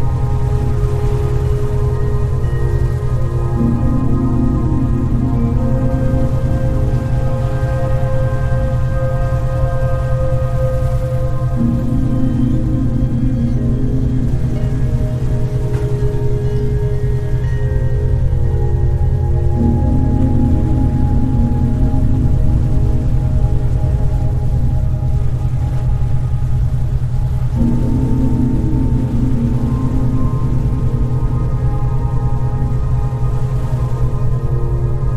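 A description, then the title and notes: A steady, dense bed of low, rumbling noise runs throughout, heaviest in the deep lows, with sustained tones layered over it. About every eight seconds a slightly brighter low band swells in and fades, giving a slow, regular pulse. Level stays constant start to finish. Pink & Brown Noise and Binaural Beats.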